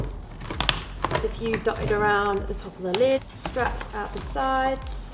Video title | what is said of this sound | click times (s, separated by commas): Installing the Harman Kardon Shockwave - How To | once we've removed the tin skirt you'll hear a nice little clip as you pop these liners out | 0.6 s, 0.7 s, 1.1 s